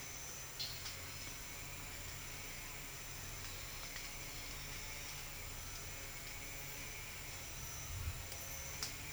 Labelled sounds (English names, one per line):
none